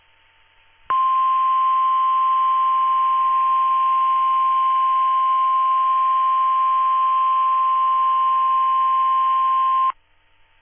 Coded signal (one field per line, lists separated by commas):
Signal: Emergency Alert System (SAME) tones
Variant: 1050 Hz attention tone